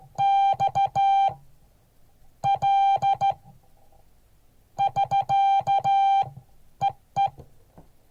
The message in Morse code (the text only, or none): XL <SK> EE